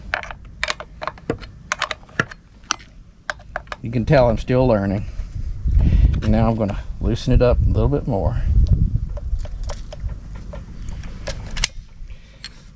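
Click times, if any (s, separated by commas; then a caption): 11.6 s. Sharp clicks and taps sound over the first few seconds, then someone talks while working on a Stihl gas chainsaw. The chain brake lever, which had been pushed forward and kept the chain from moving, is pulled back and releases with a distinct click at 11.6 s. The brake is now disengaged and the chain can be moved by hand.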